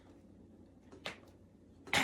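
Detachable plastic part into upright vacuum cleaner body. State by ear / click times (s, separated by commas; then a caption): seated / 1.9 s. A detachable plastic part of an Amazon Basics upright bagless vacuum cleaner is pushed back onto the vacuum body. A faint knock at about 0.9 s and a sharper tap at 1.1 s come before a loud, bright snap at 1.9 s. The part snaps back into place and is seated.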